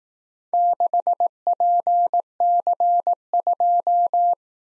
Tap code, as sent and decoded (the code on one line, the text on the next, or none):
none